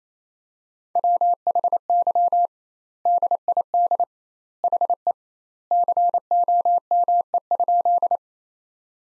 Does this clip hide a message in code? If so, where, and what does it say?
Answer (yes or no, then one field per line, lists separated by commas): yes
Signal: Morse code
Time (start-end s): 1.0-8.2 s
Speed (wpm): 28 wpm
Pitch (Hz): 700 Hz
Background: none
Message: WHY DID HE COME?